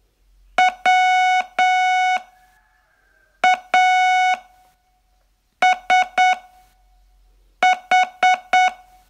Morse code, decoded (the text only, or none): WASH